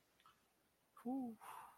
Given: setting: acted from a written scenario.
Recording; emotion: vocal sound without words; serenity